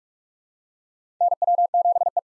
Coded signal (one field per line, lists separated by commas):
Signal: Morse code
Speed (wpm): 47 wpm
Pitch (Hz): 700 Hz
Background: none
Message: NW7E